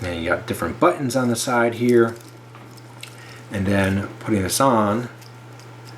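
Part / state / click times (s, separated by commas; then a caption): watch band clasp closing onto the band / not seated / none. Someone talks while handling a wood and steel watch, getting ready to put it on and close the metal fold-over clasp of its link band. Faint handling noises are heard after the talking pauses, but the clasp has not clicked shut and nothing has seated yet.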